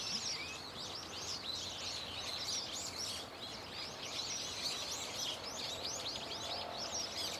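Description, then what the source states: Dense bird song chorus, overlapping high twitters and short whistled sweeps throughout, with a low hum underneath. Loud, unceasing chorus of many birds singing from a tetrapod breakwater belt and its trees; recorded with microphone and camera.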